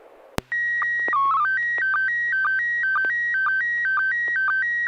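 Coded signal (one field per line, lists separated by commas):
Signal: SSTV (slow-scan television)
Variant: PD 120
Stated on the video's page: SSTV images on a weekly net via a 441.300 MHz FM repeater, sent with MMSSTV software.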